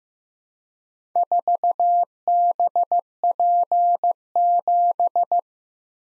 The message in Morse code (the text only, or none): 4BP7